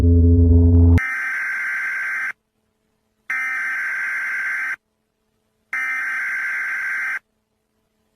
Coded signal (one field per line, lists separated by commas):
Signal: Emergency Alert System (SAME) tones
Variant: header bursts